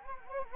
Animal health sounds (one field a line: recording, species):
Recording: mosquito wingbeat signal from an infrared sensor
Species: Anopheles gambiae